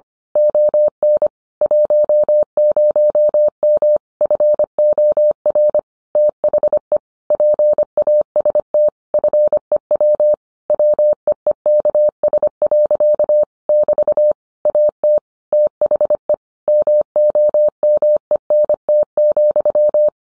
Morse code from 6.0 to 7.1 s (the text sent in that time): THE